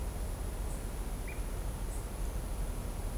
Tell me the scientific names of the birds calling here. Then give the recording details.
none. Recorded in shrubland near Pivijay, Magdalena, Colombia, on 5 June 2023 at 15:00. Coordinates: 10.453, -74.365. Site P5-G022